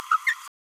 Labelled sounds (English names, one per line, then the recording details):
Green-rumped Parrotlet babbling
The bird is a male
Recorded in a nest box in Venezuela
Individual 17B31A1